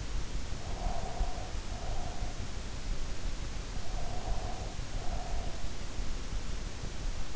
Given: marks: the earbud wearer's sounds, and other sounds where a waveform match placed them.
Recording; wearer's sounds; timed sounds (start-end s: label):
sounds in sleep by an in-ear microphone; breath
0.46-2.54 s: breath
3.81-5.79 s: breath